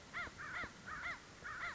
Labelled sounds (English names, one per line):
American Crow